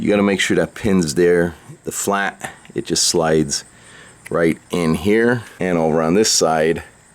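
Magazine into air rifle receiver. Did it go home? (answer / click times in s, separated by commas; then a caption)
no / none. A rotary magazine for a PCP air rifle is slid into the receiver with its pin lined up flat, while someone talks throughout. The clip ends just before the magazine goes home, so nothing has seated or clicked yet.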